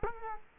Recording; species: mosquito wingbeat signal from an infrared sensor; Culex quinquefasciatus